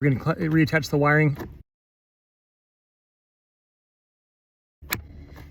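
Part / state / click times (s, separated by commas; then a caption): wiring harness connector onto HVAC blower motor / seated / 4.9 s. The wiring harness connector is pushed back onto the new HVAC blower motor of a 2011–20 Toyota Sienna, replaced because the AC fan was making noise. Someone talks, a stretch of silence follows, and one sharp click at 4.9 s marks the connector snapping into place and seating, followed by low background noise.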